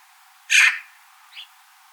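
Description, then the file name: Eurasian magpie uttering a single coarse, rasping note, followed by a faint short chirp. "Pica pica"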